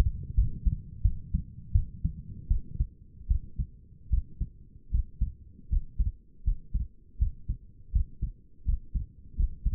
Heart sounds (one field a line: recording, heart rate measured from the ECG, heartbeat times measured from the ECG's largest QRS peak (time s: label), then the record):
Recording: heart sounds by stethoscope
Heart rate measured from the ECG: 80 bpm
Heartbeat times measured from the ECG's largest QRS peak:
0.35 s: heartbeat
1.03 s: heartbeat
1.73 s: heartbeat
2.48 s: heartbeat
3.28 s: heartbeat
4.10 s: heartbeat
4.91 s: heartbeat
5.70 s: heartbeat
6.44 s: heartbeat
7.19 s: heartbeat
7.92 s: heartbeat
8.65 s: heartbeat
9.37 s: heartbeat
From the record:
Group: healthy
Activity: rest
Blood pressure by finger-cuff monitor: 125/83 mmHg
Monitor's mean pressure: 97 mmHg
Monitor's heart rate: 80 bpm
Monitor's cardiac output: 5.7 L/min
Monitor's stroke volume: 69 mL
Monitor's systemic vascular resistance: 1290 dyn s/cm5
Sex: female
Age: 37 years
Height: 168 cm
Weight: 70 kg